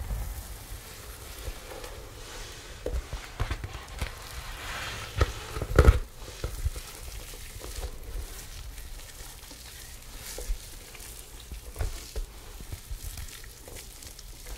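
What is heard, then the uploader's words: Crackling scratches of hair being brushed and handled run through the whole clip, with a quiet low hum underneath. Sharp clicks and taps land every second or two, and a louder knock stands out near the six-second mark. ASMR Gentle Hair Styling • Realistic ASMR • No Talking • Brushing, Shampoo, Blowdry, Scissors, Flat Iron.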